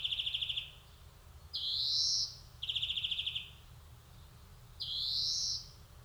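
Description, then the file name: European greenfinch: two quick pulsed trills and two rising, wheezy drawn-out notes, trading back and forth with short pauses between them. "Chloris chloris"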